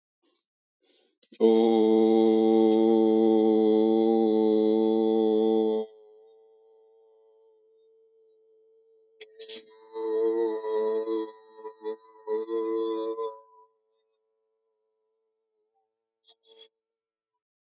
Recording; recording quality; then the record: sustained vowel as in boot; excellent, no background noise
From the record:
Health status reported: healthy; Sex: male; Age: 22 years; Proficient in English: yes